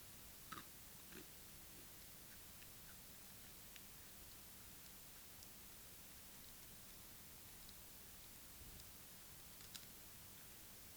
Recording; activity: daily activity, guitar pickup as the sensor; eat